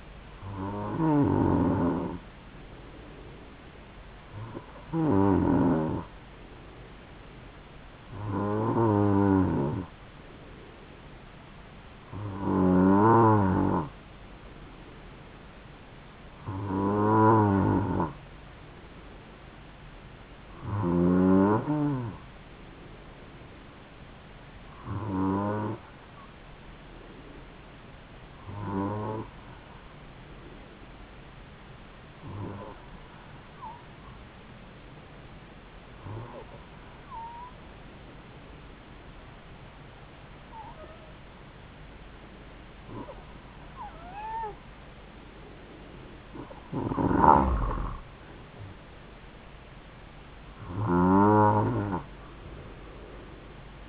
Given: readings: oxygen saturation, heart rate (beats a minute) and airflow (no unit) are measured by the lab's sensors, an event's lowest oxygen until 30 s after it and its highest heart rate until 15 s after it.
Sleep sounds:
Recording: breathing in sleep by a voice recorder at the bedside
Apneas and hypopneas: 1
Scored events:
14.00-53.89 s: new sleep stage, N2 (light sleep)
29.00-45.00 s: hypopnea (N2, oxygen 94% highest, then 90% lowest, heart rate 70 at the start, 73 highest)
From the record:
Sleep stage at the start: N3 (deep sleep)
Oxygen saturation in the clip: 92 to 94%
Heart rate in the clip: 68 to 73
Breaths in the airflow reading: 14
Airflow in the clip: -4.7 to 9.8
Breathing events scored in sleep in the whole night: 270 in 6.1 hours asleep

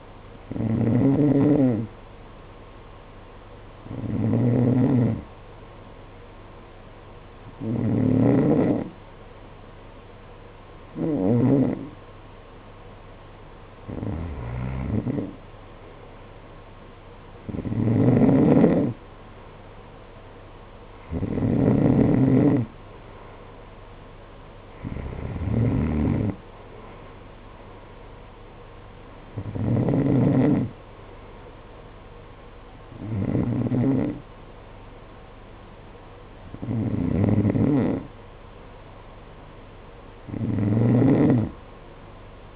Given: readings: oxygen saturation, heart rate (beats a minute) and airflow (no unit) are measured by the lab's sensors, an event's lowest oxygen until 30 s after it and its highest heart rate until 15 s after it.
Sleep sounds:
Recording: breathing in sleep by a voice recorder at the bedside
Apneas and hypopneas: none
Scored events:
22.00-42.56 s: new sleep stage, N2 (light sleep)
From the record:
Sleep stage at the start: N1 (lightest sleep)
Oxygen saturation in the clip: 89 to 91%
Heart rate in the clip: 52 to 56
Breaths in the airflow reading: 12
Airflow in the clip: -8.5 to 8.3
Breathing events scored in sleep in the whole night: 476 in 9.7 hours asleep

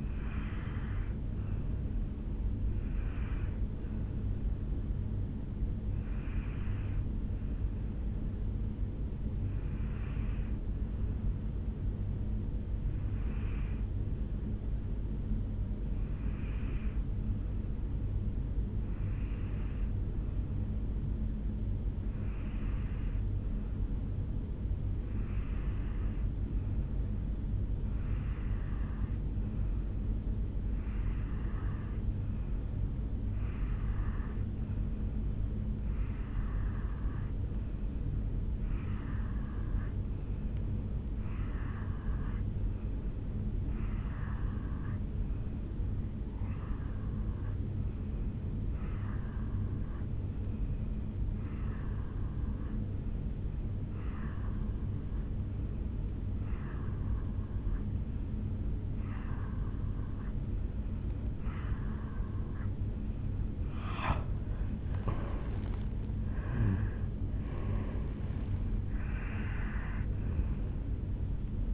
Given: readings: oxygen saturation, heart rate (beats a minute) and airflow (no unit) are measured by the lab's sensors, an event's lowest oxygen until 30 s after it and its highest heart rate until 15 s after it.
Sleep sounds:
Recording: breathing in sleep by a smartphone at the bedside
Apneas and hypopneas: 1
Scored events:
7.00-63.80 s: obstructive apnea (N1, oxygen 96% highest, then 87% lowest, heart rate 60 at the start, 77 highest)
15.00-71.74 s: new sleep stage, N2 (light sleep)
From the record:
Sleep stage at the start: N1 (lightest sleep)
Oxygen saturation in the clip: 87 to 96%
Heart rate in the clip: 60 to 77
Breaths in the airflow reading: 3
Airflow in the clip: -7.2 to 5.2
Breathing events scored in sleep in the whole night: 449 in 7.0 hours asleep

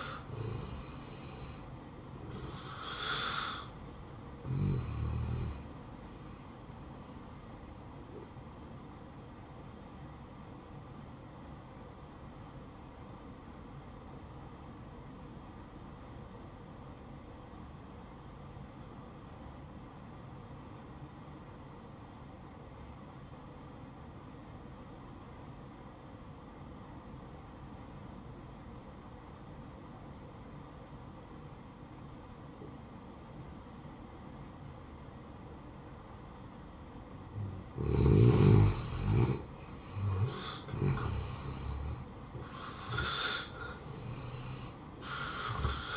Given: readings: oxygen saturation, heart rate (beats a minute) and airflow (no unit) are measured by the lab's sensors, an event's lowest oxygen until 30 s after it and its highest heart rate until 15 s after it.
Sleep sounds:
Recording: breathing in sleep by a smartphone at the bedside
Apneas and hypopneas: 1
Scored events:
12.00-39.40 s: obstructive apnea (N1, oxygen 93% highest, then 77% lowest, heart rate 69 at the start, 74 highest)
From the record:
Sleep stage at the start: N1 (lightest sleep)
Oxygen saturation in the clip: 72 to 93%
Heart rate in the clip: 61 to 79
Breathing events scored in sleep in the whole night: 573 in 9.8 hours asleep

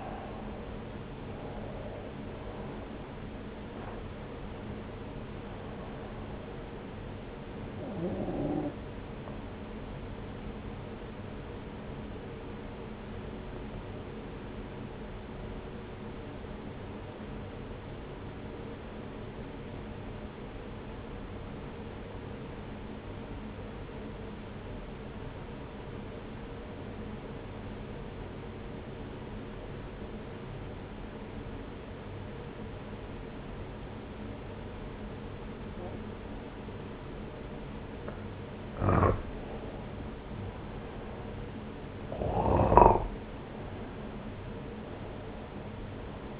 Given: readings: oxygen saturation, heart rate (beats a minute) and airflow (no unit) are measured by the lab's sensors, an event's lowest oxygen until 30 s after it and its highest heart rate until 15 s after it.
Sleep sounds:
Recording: breathing in sleep by a voice recorder at the bedside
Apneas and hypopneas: 1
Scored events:
14.00-39.60 s: obstructive apnea (N1, oxygen 96% highest, then 89% lowest)
16.00-46.40 s: new sleep stage, N2 (light sleep)
From the record:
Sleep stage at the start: N1 (lightest sleep)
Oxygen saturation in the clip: 88 to 96%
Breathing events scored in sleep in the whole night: 303 in 8.1 hours asleep

